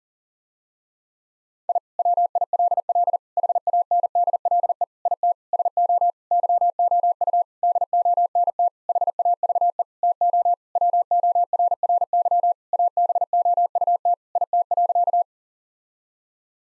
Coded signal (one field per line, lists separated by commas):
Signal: Morse code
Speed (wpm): 40 wpm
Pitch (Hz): 700 Hz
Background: none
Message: I WILL HANDLE IT SO YOU DONT HAVE TO WORRY ABOUT IT.